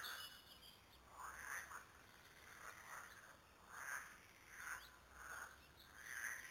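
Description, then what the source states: Several frogs giving soft, rounded croaks in a steady pulsing chorus, with a faint high chirp now and then. Several frogs, recorded at Lüssow.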